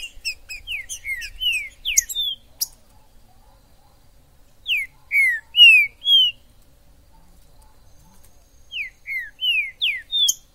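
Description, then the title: Green-winged saltator song in three separate phrases, each a run of several rich whistles sliding downward, with quiet gaps between. In the forest (mato). "Trinca ferro MAJOR no MATO"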